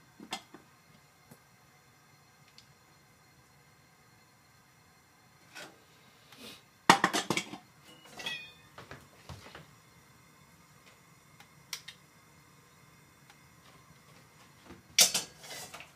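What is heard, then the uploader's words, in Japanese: Food simmering under a low steady hum with scattered ticks, while louder scraping knife-sharpening strokes burst out around seven, eight to nine, and fifteen seconds. 煮物と包丁研ぎ。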